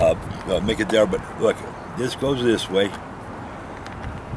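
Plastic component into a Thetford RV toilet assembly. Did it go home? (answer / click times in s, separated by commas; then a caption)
yes / 3.9 s. Someone talks while orienting a plastic part and pressing it into a Thetford RV toilet assembly during a repair. A single short, sharp click at 3.9 s marks the part snapping into place, seated.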